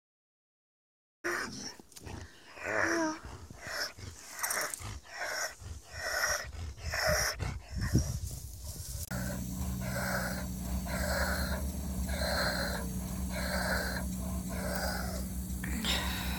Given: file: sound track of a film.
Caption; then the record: Video illustrating the clinical phenotype of two LPPN-affected dogs: a Leonberger and a Saint Bernard. The herein studied affected dogs showed generic signs of LPPN with the key feature across breeds being breathing difficulty, often described as noisy or raspy breathing.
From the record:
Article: A CNTNAP1 Missense Variant Is Associated with Canine Laryngeal Paralysis and Polyneuropathy